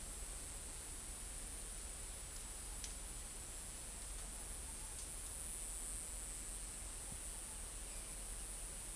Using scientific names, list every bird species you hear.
none